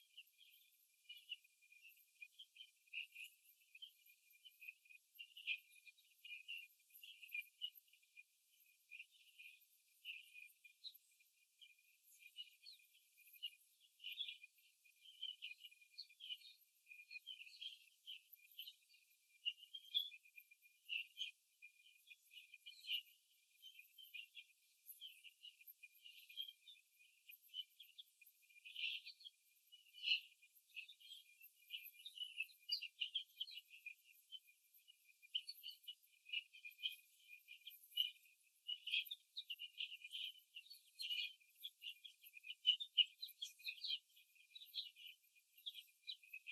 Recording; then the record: young laying hens in a cage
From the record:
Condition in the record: before the stressor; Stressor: simulated dog barking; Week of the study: 3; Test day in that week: 1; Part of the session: 2